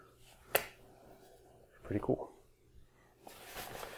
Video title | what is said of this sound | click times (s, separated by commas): Westin Backpack from Product of the North (Review and Unboxing) | Just lock into place really easy. | 0.6 s